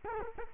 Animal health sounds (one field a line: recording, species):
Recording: mosquito wingbeat signal from an infrared sensor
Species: Culex quinquefasciatus